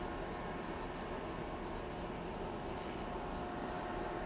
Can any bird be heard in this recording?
no